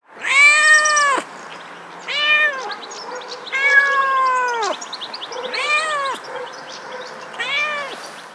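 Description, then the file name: Domestic cat meowing five times, each a clear harmonic cry lasting about half a second to just over a second, some falling at the end, over low background hiss. "cat voice"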